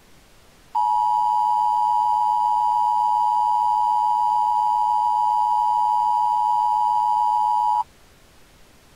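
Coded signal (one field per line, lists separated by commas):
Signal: Emergency Alert System (SAME) tones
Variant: 853 and 960 Hz attention tone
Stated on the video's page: Fictional EAS scenario, a simulated alert.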